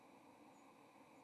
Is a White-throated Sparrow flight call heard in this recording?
yes